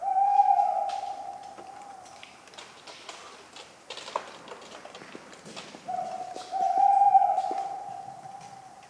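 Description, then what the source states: Tawny owl hooting: two long, steady, mellow hoots, one at the start and one near the end, with scattered sharp clicks in the quiet gap between them. Cold autumn night, 11 November 1995, at the Ménigoute ornithological film festival, France; a talkative owl; regular falling acorns.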